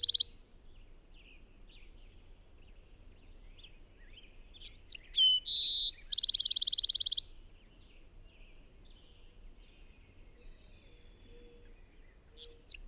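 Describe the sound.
Bird singing a high phrase of short chips, a held whistled note and a rapid rattling trill, with another phrase starting at the very end.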